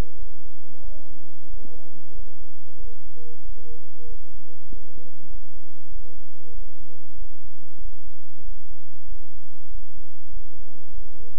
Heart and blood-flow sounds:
heart sounds by stethoscope; between the tricuspid and mitral areas; 95 bpm
0.16 s: heartbeat
0.81 s: heartbeat
1.46 s: heartbeat
2.12 s: heartbeat
2.77 s: heartbeat
3.42 s: heartbeat
4.05 s: heartbeat
4.66 s: heartbeat
5.27 s: heartbeat
5.88 s: heartbeat
6.51 s: heartbeat
7.15 s: heartbeat
7.78 s: heartbeat
8.41 s: heartbeat
9.05 s: heartbeat
9.68 s: heartbeat
10.30 s: heartbeat
10.91 s: heartbeat
From the record:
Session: bicycle stress test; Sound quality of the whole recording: good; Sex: male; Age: 26 years

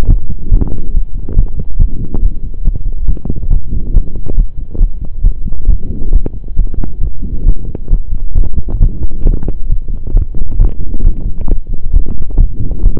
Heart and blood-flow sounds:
heart sounds by stethoscope; between the tricuspid and mitral areas; 136 bpm
0.09 s: heartbeat
0.52 s: heartbeat
0.95 s: heartbeat
1.37 s: heartbeat
1.80 s: heartbeat
2.23 s: heartbeat
2.65 s: heartbeat
3.08 s: heartbeat
3.51 s: heartbeat
3.94 s: heartbeat
4.37 s: heartbeat
4.81 s: heartbeat
5.24 s: heartbeat
5.69 s: heartbeat
6.13 s: heartbeat
6.57 s: heartbeat
7.02 s: heartbeat
7.47 s: heartbeat
7.91 s: heartbeat
8.36 s: heartbeat
8.81 s: heartbeat
9.26 s: heartbeat
9.70 s: heartbeat
10.15 s: heartbeat
10.60 s: heartbeat
11.05 s: heartbeat
11.49 s: heartbeat
11.94 s: heartbeat
12.39 s: heartbeat
12.84 s: heartbeat
From the record:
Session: pedaling a stationary bicycle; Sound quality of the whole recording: saturated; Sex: male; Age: 23 years

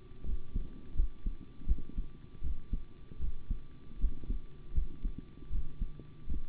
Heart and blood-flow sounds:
heart sounds by stethoscope; between the tricuspid and mitral areas; 80 bpm
0.24 s: heartbeat
0.94 s: heartbeat
1.66 s: heartbeat
2.41 s: heartbeat
3.19 s: heartbeat
3.99 s: heartbeat
4.73 s: heartbeat
5.50 s: heartbeat
6.27 s: heartbeat
From the record:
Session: rest, sitting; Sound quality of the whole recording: good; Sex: male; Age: 25 years

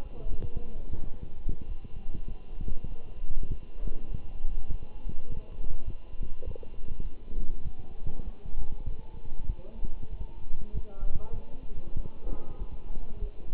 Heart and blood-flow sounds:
heart sounds by stethoscope; between the tricuspid and mitral areas; 98 bpm
0.40 s: heartbeat
1.04 s: heartbeat
1.68 s: heartbeat
2.29 s: heartbeat
2.89 s: heartbeat
3.49 s: heartbeat
4.08 s: heartbeat
4.67 s: heartbeat
5.27 s: heartbeat
5.86 s: heartbeat
6.45 s: heartbeat
7.04 s: heartbeat
7.64 s: heartbeat
8.25 s: heartbeat
8.86 s: heartbeat
9.48 s: heartbeat
10.10 s: heartbeat
10.74 s: heartbeat
11.35 s: heartbeat
11.97 s: heartbeat
12.59 s: heartbeat
13.21 s: heartbeat
From the record:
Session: walking at 3.7 km/h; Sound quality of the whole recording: good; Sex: male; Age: 24 years

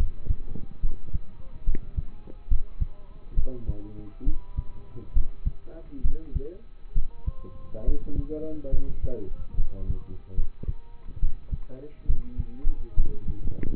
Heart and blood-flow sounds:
heart sounds by stethoscope; between the tricuspid and mitral areas; 69 bpm
0.80 s: heartbeat
1.64 s: heartbeat
2.48 s: heartbeat
3.34 s: heartbeat
4.24 s: heartbeat
5.13 s: heartbeat
6.01 s: heartbeat
6.93 s: heartbeat
7.84 s: heartbeat
8.70 s: heartbeat
9.55 s: heartbeat
10.35 s: heartbeat
11.19 s: heartbeat
12.06 s: heartbeat
12.95 s: heartbeat
From the record:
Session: rest, lying down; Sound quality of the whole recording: partially saturated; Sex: male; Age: 27 years

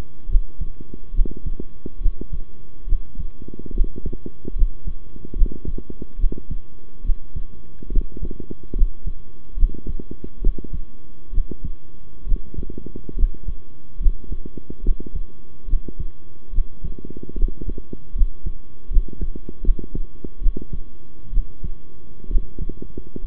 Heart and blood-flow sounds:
heart sounds by stethoscope; between the tricuspid and mitral areas; 71 bpm
0.28 s: heartbeat
1.13 s: heartbeat
2.00 s: heartbeat
2.87 s: heartbeat
3.73 s: heartbeat
4.55 s: heartbeat
5.35 s: heartbeat
6.18 s: heartbeat
7.04 s: heartbeat
7.90 s: heartbeat
8.75 s: heartbeat
9.56 s: heartbeat
10.41 s: heartbeat
11.32 s: heartbeat
12.26 s: heartbeat
13.16 s: heartbeat
13.99 s: heartbeat
14.83 s: heartbeat
15.67 s: heartbeat
16.52 s: heartbeat
17.36 s: heartbeat
18.14 s: heartbeat
18.90 s: heartbeat
19.62 s: heartbeat
20.41 s: heartbeat
21.32 s: heartbeat
22.29 s: heartbeat
23.23 s: heartbeat
From the record:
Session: rest, sitting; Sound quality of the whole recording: good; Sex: male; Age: 23 years

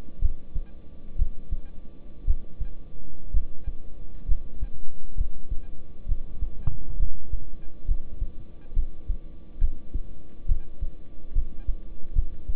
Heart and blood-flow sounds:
heart sounds by stethoscope; between the tricuspid and mitral areas; 65 bpm
0.22 s: heartbeat
1.19 s: heartbeat
2.27 s: heartbeat
3.34 s: heartbeat
4.28 s: heartbeat
5.18 s: heartbeat
6.09 s: heartbeat
6.99 s: heartbeat
7.88 s: heartbeat
8.76 s: heartbeat
9.61 s: heartbeat
10.49 s: heartbeat
11.35 s: heartbeat
12.16 s: heartbeat
From the record:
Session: rest, lying down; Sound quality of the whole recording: good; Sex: male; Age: 26 years

